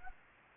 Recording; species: mosquito wingbeat signal from an infrared sensor; Anopheles gambiae